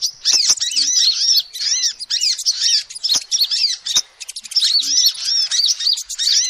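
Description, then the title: Lovebird producing a steady flow of shrill, squeaky chatter in short bursts, with sharp clicks between. Lovebird call used as a lure to trap birds. "PIKAT BURUNG LOVEBIRD"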